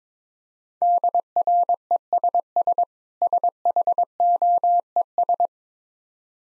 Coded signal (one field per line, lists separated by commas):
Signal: Morse code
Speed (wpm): 21 wpm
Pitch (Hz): 700 Hz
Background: none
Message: DRESS SHOES